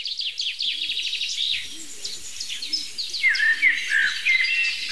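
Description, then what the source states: Common Chaffinch song: a rapid series of notes falling in pitch over about a second and a half. Other birds chirp and whistle, and a soft low cooing repeats in the background. Chaffinch sounds heard all around the recordist while walking.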